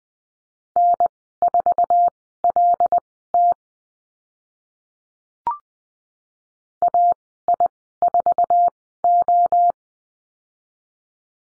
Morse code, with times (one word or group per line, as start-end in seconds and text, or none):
0.8-3.5 N4LT
6.8-9.7 AI4O